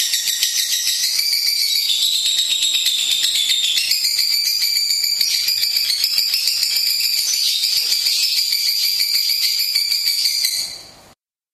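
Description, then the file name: Lovebird song, a long stream of rapid squeaky, buzzy chatter with a steady high tone running through it, ending abruptly near the end. "lovebird omkicau"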